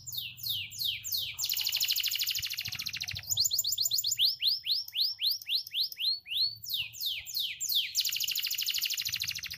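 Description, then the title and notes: Canary song, a fast varied run of high chirps, descending swept notes and long buzzy rolled trills, with a faint low hum underneath. Canary song used as a tutor recording for training other birds. "Kicau Masteran Burung Kenari. suara burung kenary buat masteran"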